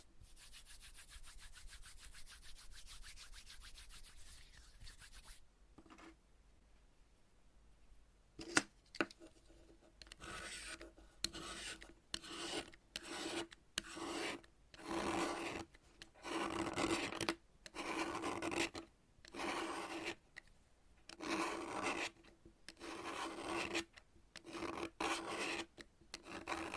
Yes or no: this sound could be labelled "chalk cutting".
yes